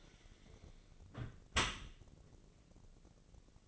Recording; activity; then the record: daily activity, microphone in the room; close dishwasher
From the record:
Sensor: 4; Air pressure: 1013.2 hPa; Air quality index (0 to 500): 171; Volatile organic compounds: 2 ppm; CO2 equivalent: 1080 ppm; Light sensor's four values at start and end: 65/160/66/66 and 64/158/65/65